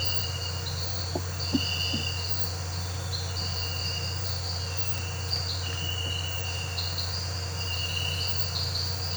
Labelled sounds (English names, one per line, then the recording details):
none
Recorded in pastures near Puerto Asís, Putumayo, Colombia, on 12 March 2025 at 06:00
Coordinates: 0.466, -76.322
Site CSA-02